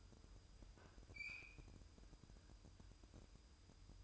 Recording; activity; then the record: daily activity, microphone in the room; open fridge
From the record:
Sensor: 2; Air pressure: 988.2 hPa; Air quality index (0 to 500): 190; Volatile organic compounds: 174 ppm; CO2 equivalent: 4120 ppm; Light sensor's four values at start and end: 21/70/27/26 and 21/70/27/26